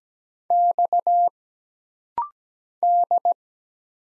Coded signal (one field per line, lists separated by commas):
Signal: Morse code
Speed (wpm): 17 wpm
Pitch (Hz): 700 Hz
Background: none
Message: X D